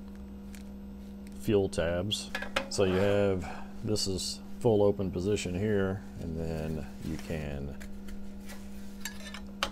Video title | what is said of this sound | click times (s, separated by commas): Coghlan's Emergency Stove | kick it down and it kind of snaps into place right there | 9.6 s